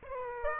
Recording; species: mosquito wingbeat signal from an infrared sensor; Aedes aegypti